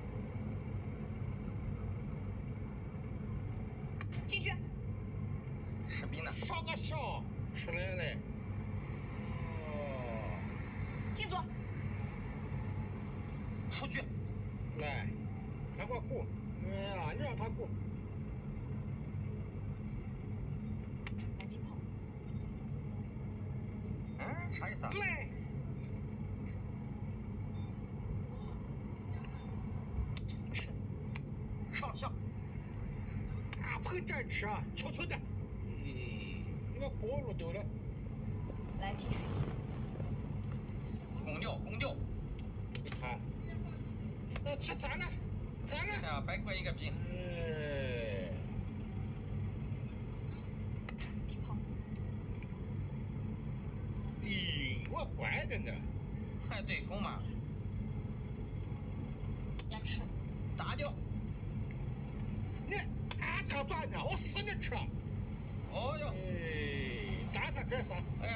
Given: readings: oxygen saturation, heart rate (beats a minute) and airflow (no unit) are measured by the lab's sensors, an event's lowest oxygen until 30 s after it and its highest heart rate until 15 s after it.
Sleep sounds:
a person awake in a sleep study, by a smartphone at the bedside; none
0.00-68.36 s: awake
From the record:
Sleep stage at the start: awake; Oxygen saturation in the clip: 94 to 96%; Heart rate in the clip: 75 to 81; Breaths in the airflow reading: 18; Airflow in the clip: -5.3 to 6.2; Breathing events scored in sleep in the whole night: 131 in 7.2 hours asleep

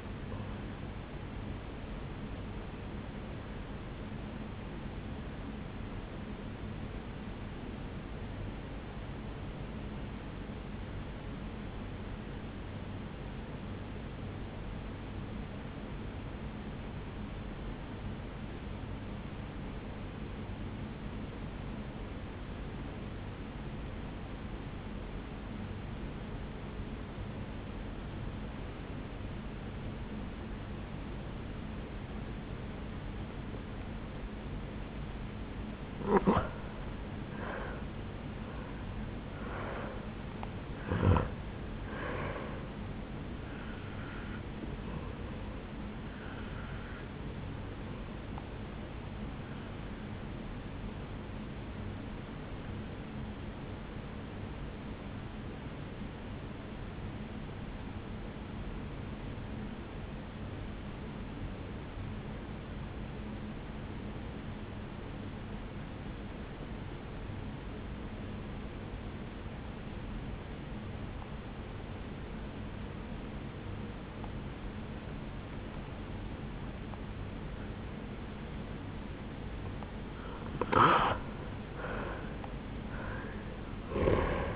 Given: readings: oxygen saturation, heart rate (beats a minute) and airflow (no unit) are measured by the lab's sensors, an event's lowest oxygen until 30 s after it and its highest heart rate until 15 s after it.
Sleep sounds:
breathing in sleep by a voice recorder at the bedside; 2
8.00-35.00 s: obstructive apnea (N1, oxygen 96% highest, then 84% lowest, heart rate 56 at the start, 76 highest)
15.00-75.00 s: new sleep stage, N2 (light sleep)
52.00-79.30 s: obstructive apnea (N2, oxygen 97% highest, then 85% lowest, heart rate 57 at the start, 76 highest)
75.00-84.56 s: new sleep stage, N1 (lightest sleep)
From the record:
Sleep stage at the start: N1 (lightest sleep); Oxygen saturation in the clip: 84 to 97%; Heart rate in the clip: 54 to 78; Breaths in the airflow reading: 8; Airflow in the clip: -8.8 to 5.9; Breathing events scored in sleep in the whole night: 449 in 7.0 hours asleep

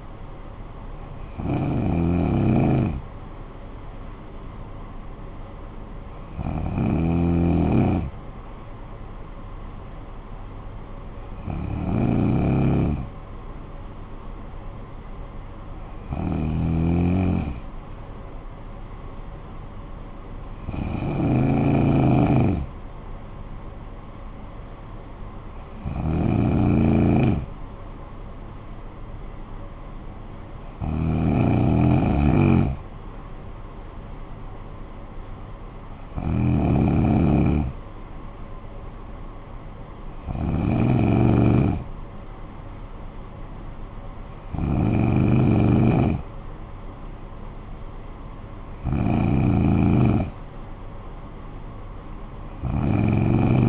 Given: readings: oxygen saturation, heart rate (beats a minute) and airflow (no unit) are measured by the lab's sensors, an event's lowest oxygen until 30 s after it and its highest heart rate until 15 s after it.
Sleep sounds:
breathing in sleep by a smartphone at the bedside; none
none scored
From the record:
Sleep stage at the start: N2 (light sleep); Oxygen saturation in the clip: 93 to 94%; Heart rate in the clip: 55 to 62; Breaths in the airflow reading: 11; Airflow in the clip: -10.9 to 6.8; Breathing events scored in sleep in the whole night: 445 in 7.6 hours asleep

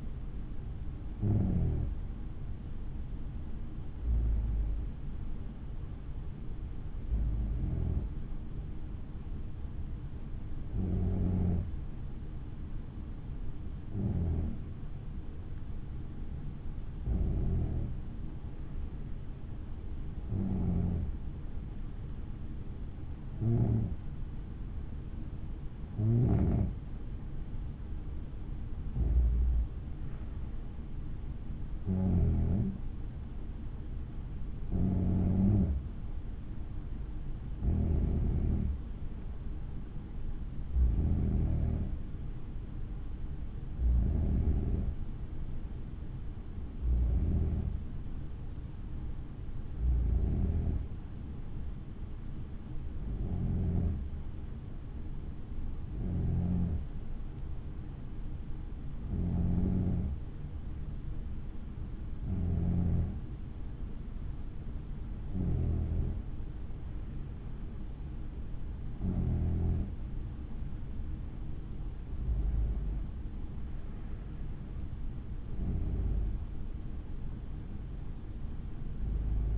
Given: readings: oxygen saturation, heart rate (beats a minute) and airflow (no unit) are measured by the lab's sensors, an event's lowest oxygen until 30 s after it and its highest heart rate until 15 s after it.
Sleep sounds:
breathing in sleep by a smartphone at the bedside; none
21.00-51.00 s: new sleep stage, N2 (light sleep)
51.00-79.57 s: new sleep stage, N3 (deep sleep)
From the record:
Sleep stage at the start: N3 (deep sleep); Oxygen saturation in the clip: 93 to 95%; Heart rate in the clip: 56 to 60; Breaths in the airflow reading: 26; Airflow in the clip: -7.5 to 5.8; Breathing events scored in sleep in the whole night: 216 in 7.0 hours asleep

